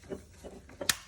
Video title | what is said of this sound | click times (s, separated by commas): Replacing DMTL pump on 2013 BMW X5 | there we go I heard it click so that's connected | 0.9 s